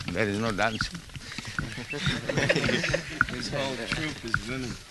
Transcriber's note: laughter